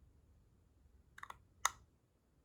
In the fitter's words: that little click it's just such a satisfying sound and